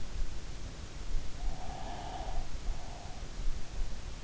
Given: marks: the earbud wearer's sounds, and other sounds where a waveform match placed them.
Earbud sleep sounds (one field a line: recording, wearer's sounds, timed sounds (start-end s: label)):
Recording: sounds in sleep by an in-ear microphone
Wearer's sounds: breath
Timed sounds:
1.39-3.65 s: breath